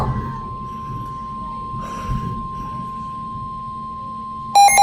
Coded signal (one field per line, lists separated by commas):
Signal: Emergency Alert System (SAME) tones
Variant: 1050 Hz attention tone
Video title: Severe thunderstorm warning on NOAA weather radio & TV [EAS #84 & #85]